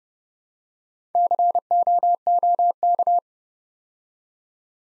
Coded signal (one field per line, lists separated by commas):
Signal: Morse code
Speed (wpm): 29 wpm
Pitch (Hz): 700 Hz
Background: none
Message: COOK